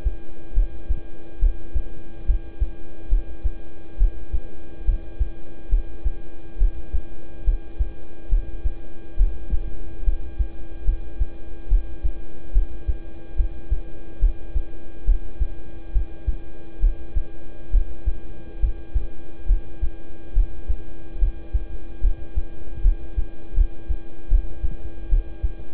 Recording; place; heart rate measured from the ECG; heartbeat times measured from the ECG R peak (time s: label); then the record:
heart sounds by stethoscope; between the tricuspid and mitral areas; 71 bpm
0.54 s: heartbeat
1.39 s: heartbeat
2.26 s: heartbeat
3.09 s: heartbeat
3.98 s: heartbeat
4.85 s: heartbeat
5.69 s: heartbeat
6.58 s: heartbeat
7.44 s: heartbeat
8.29 s: heartbeat
9.17 s: heartbeat
10.04 s: heartbeat
10.84 s: heartbeat
11.68 s: heartbeat
12.52 s: heartbeat
13.36 s: heartbeat
14.19 s: heartbeat
15.05 s: heartbeat
15.92 s: heartbeat
16.80 s: heartbeat
17.71 s: heartbeat
18.60 s: heartbeat
19.46 s: heartbeat
20.33 s: heartbeat
21.19 s: heartbeat
22.01 s: heartbeat
22.82 s: heartbeat
23.54 s: heartbeat
24.28 s: heartbeat
25.09 s: heartbeat
From the record:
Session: rest, lying down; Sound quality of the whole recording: good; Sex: male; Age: 26 years